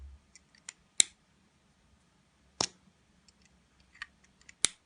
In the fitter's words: quick note-taker clicks into place with a very satisfying click that